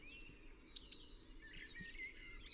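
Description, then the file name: Eurasian blue tit singing one phrase, a high thin lead-in note and quick downslurred ticks running into a fast, steady high trill. "Cyanistes caeruleus"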